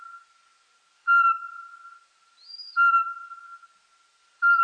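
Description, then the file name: Eurasian pygmy owl calling with steady, mellow single whistles at a regular pace, one about every second and a half, plus a faint higher thin note between them. "soweczka"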